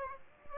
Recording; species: mosquito wingbeat signal from an infrared sensor; Aedes aegypti